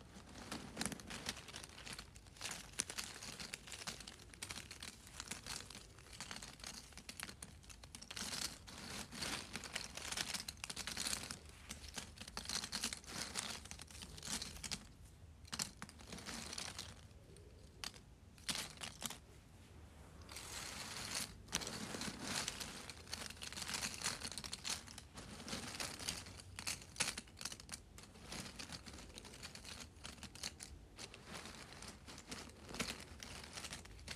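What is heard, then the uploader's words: Small cardboard pieces are shuffled in dense, crinkly bursts of dry scraping and tapping, with brief quieter pauses around 16 and 20 seconds. ASMR Shuffling Small Cardboard Pieces.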